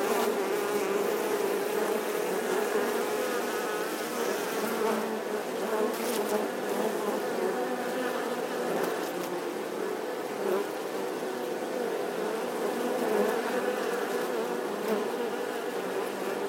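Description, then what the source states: Honey bees humming as a swarm, a continuous thick drone that swells slightly now and then. Bee swarm buzzing outside the hive.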